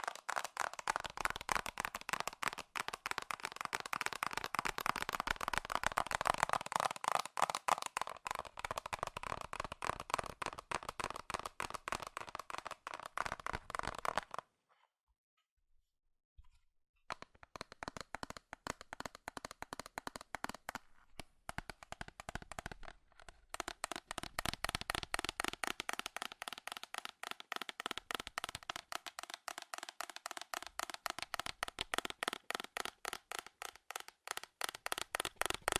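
Rapid, furious tapping on metal in dense bright clicks, running steadily for fourteen seconds, pausing briefly, then resuming with short breaks.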